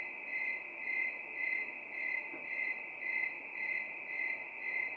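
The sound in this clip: Cricket chirping in a shrill ringing trill, beating in even pulses close to twice a second.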